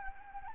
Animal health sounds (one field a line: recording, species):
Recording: mosquito wingbeat signal from an infrared sensor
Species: Anopheles arabiensis